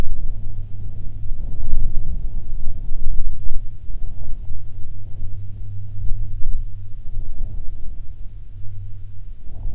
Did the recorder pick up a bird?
no